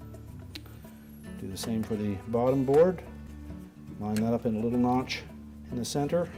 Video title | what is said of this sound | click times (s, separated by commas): Whirlpool W10503278 Electric Control WPW10503278 W10165748 12784415 12868513 | then gently lift up on that tab again now pushing it on the board till it snaps in position | 0.6 s